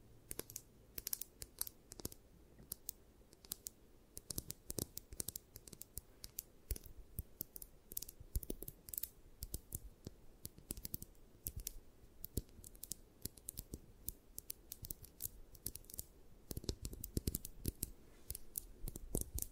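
Scratching comes in dense, irregular bursts of sharp, dry clicks and rasps, many per second, running throughout the twenty seconds. The strokes sound close and crisp, with brighter clusters near the start and around seventeen seconds, over a quiet low rumble in a small room.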